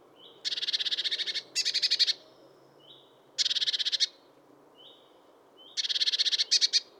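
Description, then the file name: Eurasian blue tit churring: several harsh buzzy bursts of rapid pulses, each preceded by a thin high note. "Cyanistes caeruleus"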